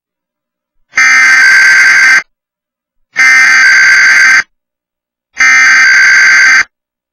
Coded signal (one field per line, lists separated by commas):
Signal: Emergency Alert System (SAME) tones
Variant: header bursts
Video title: TWC TV App Annoying EAS Weekly Test Glitch